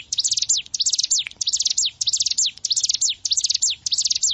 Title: Ciblek Sawah